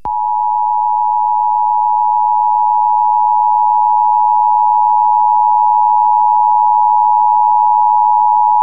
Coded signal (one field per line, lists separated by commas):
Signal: Emergency Alert System (SAME) tones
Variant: 853 and 960 Hz attention tone